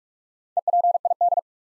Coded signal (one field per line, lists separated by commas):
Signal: Morse code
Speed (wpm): 44 wpm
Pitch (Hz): 700 Hz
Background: none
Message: EPID